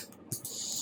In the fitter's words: Once you hear the click, then it's fully and securely installed.